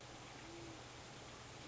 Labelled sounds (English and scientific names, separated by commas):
Great Horned Owl (Bubo virginianus)